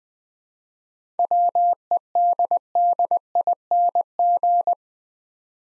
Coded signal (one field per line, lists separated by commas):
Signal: Morse code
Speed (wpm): 20 wpm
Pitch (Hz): 700 Hz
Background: none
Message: WEDDING